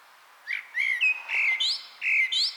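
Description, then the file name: Blackbird warbling: a brief run of mellow, slurred whistles, some rising into higher squeaky notes, in a single short phrase. "Turdus merula"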